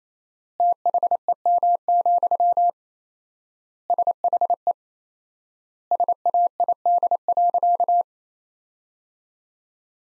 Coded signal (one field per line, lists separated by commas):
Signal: Morse code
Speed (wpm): 28 wpm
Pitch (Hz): 700 Hz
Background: none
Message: THEM, SHE SAID.